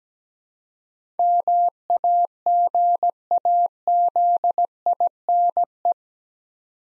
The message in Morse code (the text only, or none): MAGAZINE